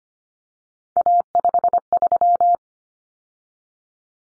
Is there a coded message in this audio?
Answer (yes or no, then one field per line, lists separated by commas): yes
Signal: Morse code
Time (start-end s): 1.0-2.5 s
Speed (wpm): 25 wpm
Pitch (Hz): 700 Hz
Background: none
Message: A53